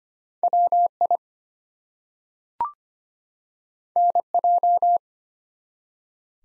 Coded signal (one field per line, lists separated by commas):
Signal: Morse code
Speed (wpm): 25 wpm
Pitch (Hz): 700 Hz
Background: none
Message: WI NJ